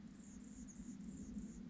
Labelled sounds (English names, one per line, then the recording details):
Anna's Hummingbird
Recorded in Sonoma County, California